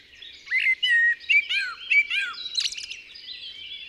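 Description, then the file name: Eurasian blackbird song: a quick run of rich, slurred whistled notes that rise and fall, closing in higher, thinner squeaky notes. "Turdus merula"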